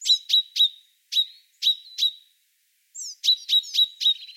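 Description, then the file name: Common chaffinch making rapid, sharp, ringing call notes, singly and in runs of up to four, with a brief pause mid-sequence. "Fringilla coelebs"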